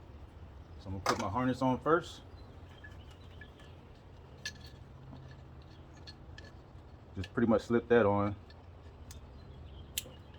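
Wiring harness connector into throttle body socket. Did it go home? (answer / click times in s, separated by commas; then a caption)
yes / 10.0 s. On a Ford Focus getting a throttle body replacement for a rough idle and stalling, the engine wiring harness connector is slipped onto the new throttle body's plastic socket and pushed until it clicks, then its red locking tab is pushed back in. Someone talks near the start and again around 7 to 8 seconds, with faint handling clicks in between. A sharp click at 10.0 s marks the connector seating.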